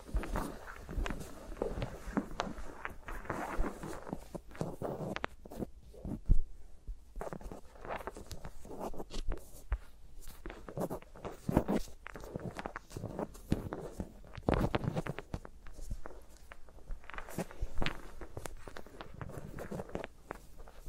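Fingers move closely around microphones, making dense, irregular taps, rubs and soft thumps with a low rumble, sharper knocks near 6 and 15 seconds.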